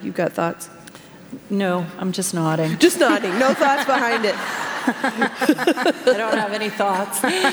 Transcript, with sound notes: You have thoughts?
No, I’m just nodding. (laughter)
Just nodding! No thoughts behind it.
I don’t have any thoughts,